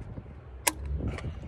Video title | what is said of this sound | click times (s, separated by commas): Audi B8 S5 4.2L V8 - Coolant Expansion Tank Replacement | like that I don't know if you guys heard the click just like that | 0.7 s